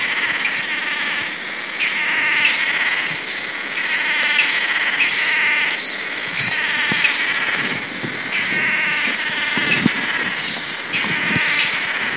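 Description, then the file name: Swallow-tailed manakin display calls: continuous overlapping nasal buzzing tones in repeated waves, with short high notes pulsing above them. During the dance display; recorded at PESM; 4-5-13. "Chiroxiphia-caudata-dance-NCunha PESM-4-5-13-ASilveira"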